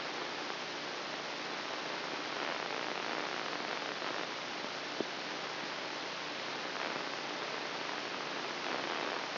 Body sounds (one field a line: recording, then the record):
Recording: brain microelectrode recording played as sound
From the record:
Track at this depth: inside the subthalamic nucleus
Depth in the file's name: 4.706 mm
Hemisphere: left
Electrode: 2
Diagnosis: Parkinson's disease